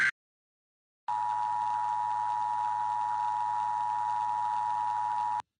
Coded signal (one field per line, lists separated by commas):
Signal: Emergency Alert System (SAME) tones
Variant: 853 and 960 Hz attention tone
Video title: EAS SCENARIO: RUN.